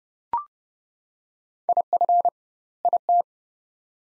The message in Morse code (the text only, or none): IF IT